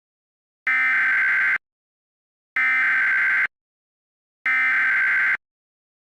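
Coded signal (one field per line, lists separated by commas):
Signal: Emergency Alert System (SAME) tones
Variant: header bursts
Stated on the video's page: Fictional alternate-history EAS scenario, not real alerts.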